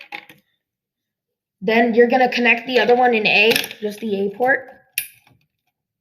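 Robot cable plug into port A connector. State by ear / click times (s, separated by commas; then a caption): seated / 5.0 s. A second plastic robot cable plug is pushed into the port A connector while someone talks, with a few faint clicks at the very start. The plug seats with a sharp, bright click at 5.0 s, followed by a couple of softer rattles.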